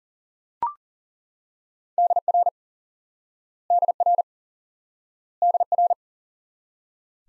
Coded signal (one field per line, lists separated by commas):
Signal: Morse code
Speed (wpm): 37 wpm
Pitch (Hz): 700 Hz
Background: none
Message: DR DR DR